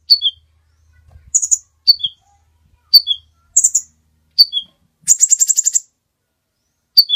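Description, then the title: Bird song: sharp descending two-note chirps repeated, alternating with buzzy high bursts, and a fast rattling trill near the end. Master recording of birdsong, used for training songbirds. "Master Burung Jos"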